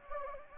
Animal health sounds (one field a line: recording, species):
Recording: mosquito wingbeat signal from an infrared sensor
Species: Anopheles gambiae